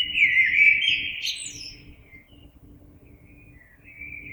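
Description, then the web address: Common blackbird song: a mellow fluted phrase with a brief squeaky flourish, then a pause and softer fragments near the end, over a faint steady low hum. Recorded 26 April 2022. "oiseaux Merle 2022 04 26"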